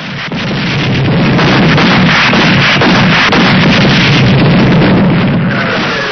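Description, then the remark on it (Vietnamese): Loud, continuous barrage of nearby bomb blasts and anti-aircraft fire from Regiment 210 at night near Đồng Lộc junction: dense rumbling booms overlapping with rapid cracking bursts, sustained at full intensity for about six seconds with no voices. “Tiếng bom nổ rất gần, những vệt đạn pháo cao xạ của trung đoàn 210 đỏ lừ vút lên cùng một lúc.”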